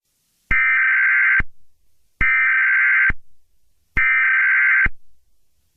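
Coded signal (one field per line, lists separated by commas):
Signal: Emergency Alert System (SAME) tones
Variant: header bursts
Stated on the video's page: Fictional EAS scenario made in CapCut and Kinemaster.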